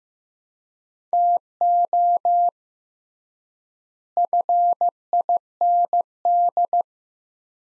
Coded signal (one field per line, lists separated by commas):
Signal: Morse code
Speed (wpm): 15 wpm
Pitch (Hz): 700 Hz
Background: none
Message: TO FIND